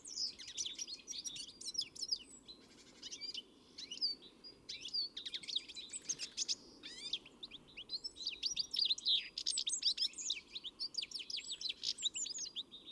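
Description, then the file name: European greenfinch giving a long, almost continuous run of trills, chirps and nasal buzzes that rise and fall in loudness, with a low hum behind. "Chloris chloris"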